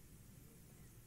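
A reversed fan module is being handled and pushed back toward its bay in an Arista Networks 7010T Series 1RU data center switch chassis. Only a steady broadband hiss with low hum is heard, and no distinct impacts stand out. Nothing has seated or clicked yet.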